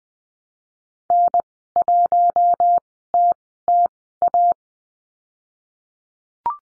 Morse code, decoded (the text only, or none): N1TTA